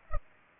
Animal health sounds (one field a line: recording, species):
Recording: mosquito wingbeat signal from an infrared sensor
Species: Culex pipiens